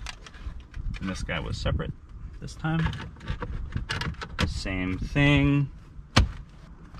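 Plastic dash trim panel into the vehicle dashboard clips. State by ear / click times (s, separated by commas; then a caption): seated / 6.2 s. During dash reassembly on a 4Runner, a separate plastic dash trim piece is lined up and pushed into the dashboard clips while someone talks. A single sharp, loud snap at 6.2 s marks the piece seating into place.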